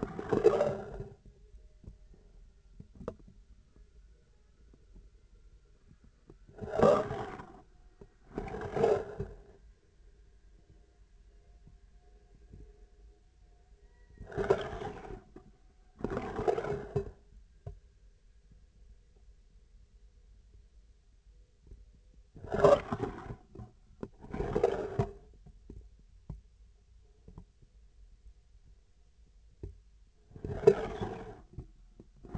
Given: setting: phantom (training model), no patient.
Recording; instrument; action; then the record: laparoscopic instrument, vibration sensor on the handle end; scissors; approaching and retracting movements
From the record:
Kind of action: spatial motion